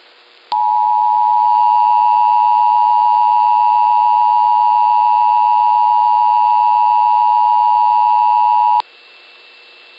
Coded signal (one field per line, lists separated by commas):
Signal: Emergency Alert System (SAME) tones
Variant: 853 and 960 Hz attention tone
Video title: National EAS Test Roundup - 8/11/2021 Minneapolis/St. Paul [AUDIO FIX REUPLOAD]